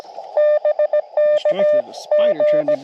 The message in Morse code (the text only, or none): BKG